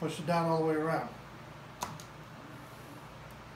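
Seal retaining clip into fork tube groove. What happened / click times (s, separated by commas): The retaining clip is being worked around but has not yet snapped home / none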